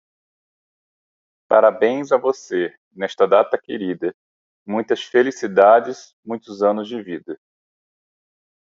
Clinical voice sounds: short text; Brazilian Portuguese; male; 30 to 39 years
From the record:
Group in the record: control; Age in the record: 35 years

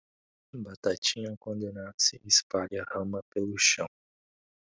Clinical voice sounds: short text; Brazilian Portuguese; male; 20 to 29 years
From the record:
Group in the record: control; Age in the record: 26 years

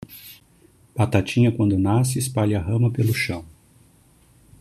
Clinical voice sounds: short text; Brazilian Portuguese; male; 50 to 59 years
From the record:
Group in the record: control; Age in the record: 54 years

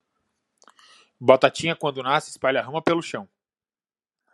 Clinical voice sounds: short text; Brazilian Portuguese; male; 30 to 39 years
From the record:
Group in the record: control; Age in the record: 39 years

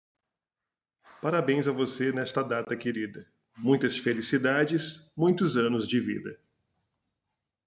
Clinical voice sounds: short text; Brazilian Portuguese; male; 40 to 49 years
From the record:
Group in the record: control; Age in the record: 45 years

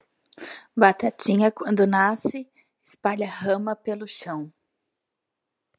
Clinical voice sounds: short text; Brazilian Portuguese; female; 40 to 49 years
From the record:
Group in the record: control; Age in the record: 40 years

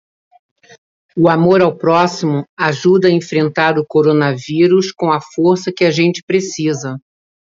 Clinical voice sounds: spoken sentence; Brazilian Portuguese; female; 60 to 69 years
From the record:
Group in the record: control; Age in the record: 61 years

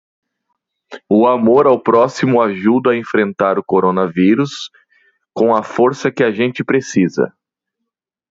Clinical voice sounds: spoken sentence; Brazilian Portuguese; male; 30 to 39 years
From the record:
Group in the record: control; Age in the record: 37 years

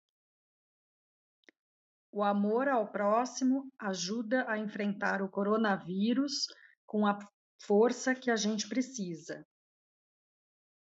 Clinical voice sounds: spoken sentence; Brazilian Portuguese; female; 50 to 59 years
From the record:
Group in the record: control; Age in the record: 51 years

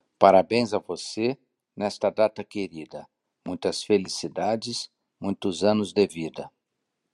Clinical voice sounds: short text; Brazilian Portuguese; male; 50 to 59 years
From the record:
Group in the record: control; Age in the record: 56 years

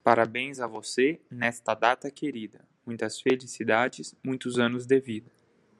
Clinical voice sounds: short text; Brazilian Portuguese; male; 30 to 39 years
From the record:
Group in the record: control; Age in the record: 30 years

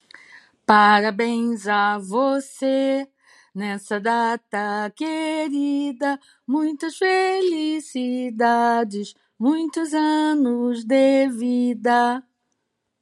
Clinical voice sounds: short text; Brazilian Portuguese; female; 50 to 59 years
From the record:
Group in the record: control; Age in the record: 59 years

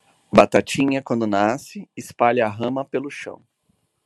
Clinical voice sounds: short text; Brazilian Portuguese; male; 40 to 49 years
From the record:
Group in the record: control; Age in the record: 43 years

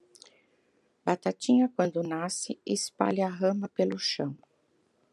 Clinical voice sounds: short text; Brazilian Portuguese; female; 60 to 69 years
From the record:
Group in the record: control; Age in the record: 63 years

